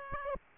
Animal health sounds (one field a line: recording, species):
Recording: mosquito wingbeat signal from an infrared sensor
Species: Aedes aegypti